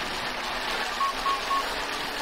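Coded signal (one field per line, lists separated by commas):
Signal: none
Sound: racing game's timer beeps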